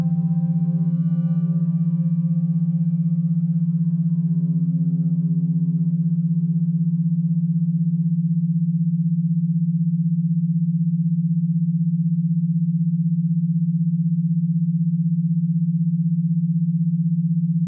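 Binaural beats: a steady low tone holds unchanged for the full eighteen seconds. Faint higher overtones and a brief brighter tone around five seconds fade away by about nine seconds, leaving only the plain, constant low hum to the end.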